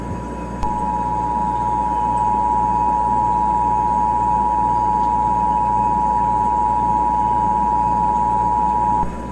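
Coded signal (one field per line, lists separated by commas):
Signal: Emergency Alert System (SAME) tones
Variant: 853 and 960 Hz attention tone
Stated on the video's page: Fictional EAS scenario, not a real alert.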